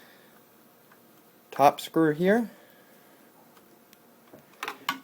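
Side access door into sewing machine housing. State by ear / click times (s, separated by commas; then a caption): seated / 4.6 s, 4.9 s. Someone talks briefly, then, after the top screw is tightened, the side access door of a Janome S950 / S750 / HD1000 sewing machine is swung closed on its housing. Sharp clicks sound at 4.6 s and 4.9 s as it latches flush and seats, which shows it is aligned, since a door that doesn't click needs realigning.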